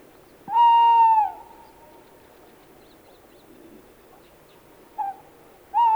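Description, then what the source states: Tawny owl hooting: a steady hoot, a brief note later, then a wavering hoot beginning at the end. Field recording from Sweden.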